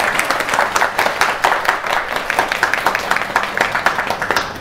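A crowd claps steadily for several seconds, a dense patter of many hands forming a continuous, lively burst of applause with no voices over it.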